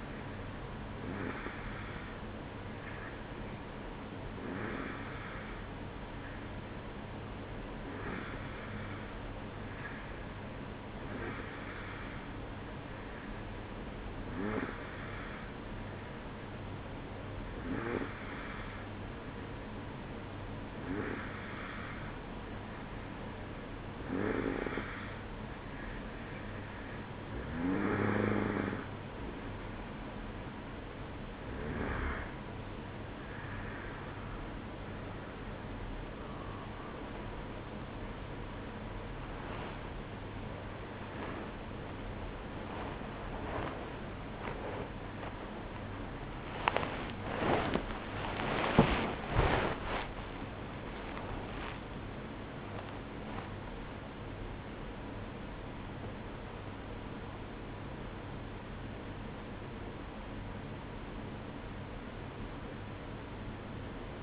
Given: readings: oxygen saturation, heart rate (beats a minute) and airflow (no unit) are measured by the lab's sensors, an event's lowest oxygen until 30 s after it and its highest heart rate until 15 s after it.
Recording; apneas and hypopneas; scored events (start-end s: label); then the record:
breathing in sleep by a voice recorder at the bedside; 1
7.00-34.10 s: hypopnea (N2, oxygen 93% highest, then 92% lowest, heart rate 57 at the start, 73 highest)
19.00-49.00 s: new sleep stage, awake
19.00-57.00 s: awake
49.00-64.23 s: new sleep stage, N1 (lightest sleep)
From the record:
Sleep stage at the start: N2 (light sleep); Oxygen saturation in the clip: 92 to 95%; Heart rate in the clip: 54 to 77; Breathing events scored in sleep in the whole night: 305 in 9.6 hours asleep